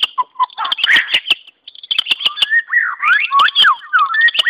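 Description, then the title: White-rumped Shama song mixing scratchy chatter and clicks with rising and falling whistled notes, delivered quickly with a brief gap early on. "murai batu"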